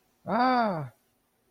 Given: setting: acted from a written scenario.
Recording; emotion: vocal sound without words; negative surprise